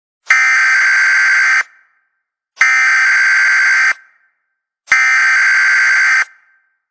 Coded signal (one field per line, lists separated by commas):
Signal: Emergency Alert System (SAME) tones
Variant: header bursts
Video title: EAS TONES! 🇺🇸 NATIONAL PERIODIC TEST (NPT) – Full System Alert! (Nationwide)